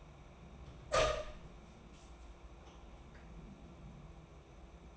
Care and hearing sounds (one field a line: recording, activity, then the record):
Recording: daily activity, microphone in the room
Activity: open door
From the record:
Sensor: 1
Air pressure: 994.4 hPa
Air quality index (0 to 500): 211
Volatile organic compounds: 1000 ppm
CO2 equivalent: 7593 ppm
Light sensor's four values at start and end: 111/253/113/125 and 117/267/119/133